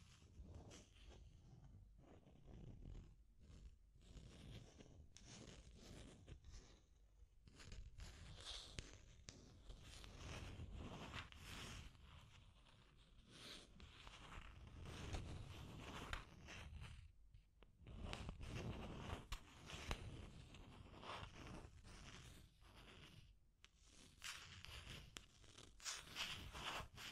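Deep scratching runs almost without pause, a dense run of rough, gritty strokes with a heavy low rumble under a bright, hissing top. The strokes come in quick irregular bursts, breaking off briefly near 17 and 23 seconds before resuming.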